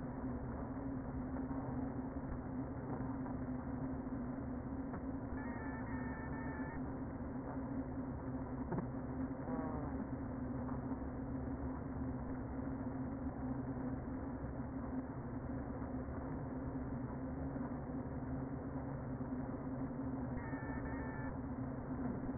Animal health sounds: honeybee colony, microphone inside the hive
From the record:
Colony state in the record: queen present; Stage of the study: before two queens were removed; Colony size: about 60,000 bees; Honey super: yes

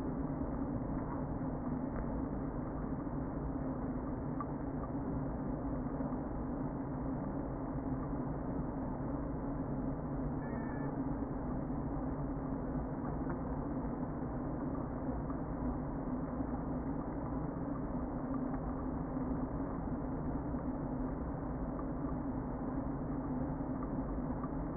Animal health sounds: honeybee colony, microphone inside the hive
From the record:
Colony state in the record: queen present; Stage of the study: before two queens were removed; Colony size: about 60,000 bees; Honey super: yes

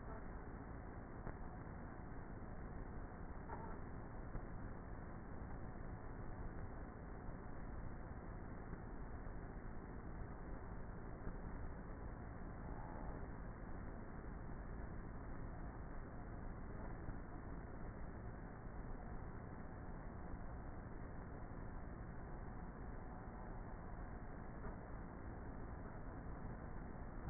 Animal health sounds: honeybee colony, microphone inside the hive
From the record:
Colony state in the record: queenless with a low population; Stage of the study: before two queens were removed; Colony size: about 30,000 bees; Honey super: no

